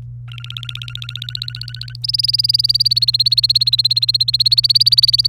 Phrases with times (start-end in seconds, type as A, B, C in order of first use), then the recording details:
0.28-1.97 A, 2.03-5.27 B. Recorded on 27 April 2018 at 06:28. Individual llb3